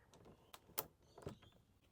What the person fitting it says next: Now that has locked back in again.